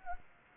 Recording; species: mosquito wingbeat signal from an infrared sensor; Anopheles arabiensis